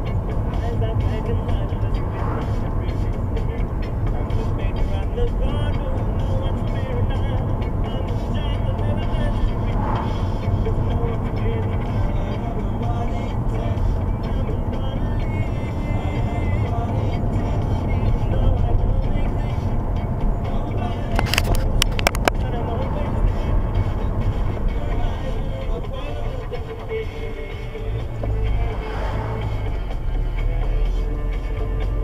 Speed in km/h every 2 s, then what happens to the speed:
35, 35, 37, 37, 37, 37, 35, 35, 39, 39, 37, 32, 16, 10, 13, 18.
0-21 steady at about 37. 21-25 brakes to 10.